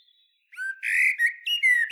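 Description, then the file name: Common blackbird song, a fluty warbled phrase followed by squeaky chattering notes and more whistled slides, continuing to the end. "Turdus merula"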